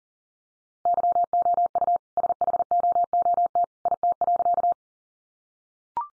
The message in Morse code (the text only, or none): YOU SHOOT IT.